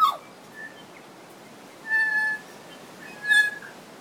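Kokako song: a downward-sliding opening note, then steady flute-like tones, the longest held about half a second, rich in overtones, separated by quiet gaps.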